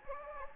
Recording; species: mosquito wingbeat signal from an infrared sensor; Anopheles gambiae